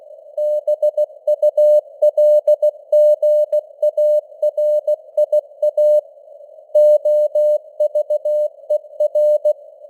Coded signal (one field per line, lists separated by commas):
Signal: Morse code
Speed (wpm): 16 wpm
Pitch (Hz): 600 Hz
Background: none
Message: BULGARIA OVER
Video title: Morse Code News | 2025-12-19 | 16wpm